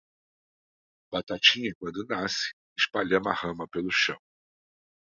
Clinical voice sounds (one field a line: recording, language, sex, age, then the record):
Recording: short text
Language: Brazilian Portuguese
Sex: male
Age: 50 to 59 years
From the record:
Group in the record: control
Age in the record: 54 years